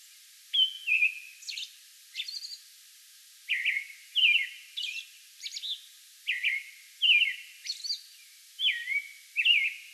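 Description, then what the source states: American robin delivering whistled caroling phrases in short groups, interleaved with thin high-pitched squeals. Song bout on May 11.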